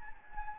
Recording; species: mosquito wingbeat signal from an infrared sensor; Anopheles gambiae